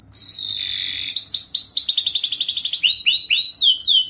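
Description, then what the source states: Canary song opening with a steady buzzy trill, then a rapid series of bright, downward-slurred notes repeated many times a second in varied bursts. Actively singing canary with elaborate song turns and rich fill-in phrases, used for songbird-hobby training.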